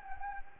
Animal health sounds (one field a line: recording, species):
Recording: mosquito wingbeat signal from an infrared sensor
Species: Anopheles gambiae